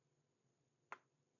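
The centre pin of a plastic push-pin panel clip on the headlamp cowl/nose fairing of a Suzuki GSXR 1000 K4 is pressed in to lock two fairing panels together. A single short, sharp click sounds at 0.9 s over a quiet, steady background hum. The clip is seated and locked in place.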